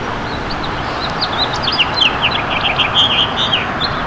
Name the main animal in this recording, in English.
House Finch